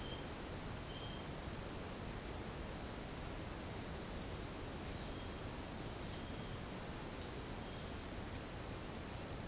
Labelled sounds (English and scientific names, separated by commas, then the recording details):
none
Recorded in secondary vegetation near Puerto Asís, Putumayo, Colombia, on 19 March 2025 at 17:00
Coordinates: 0.485, -76.322
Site G040